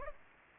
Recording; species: mosquito wingbeat signal from an infrared sensor; Aedes aegypti